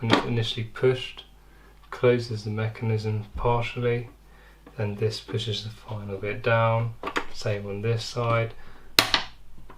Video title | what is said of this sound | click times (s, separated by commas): Top Moulding Latches Assembly | it snaps into place as such now | 9.0 s